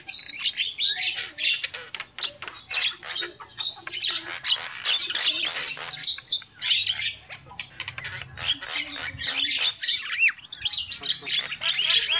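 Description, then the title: Lovebird chatter, a steady stream of sharp, high squeaky notes and harsh chirps, bursts close together without pause. Lure call used for trapping lovebirds. "PIKAT BURUNG LOVEBIRD"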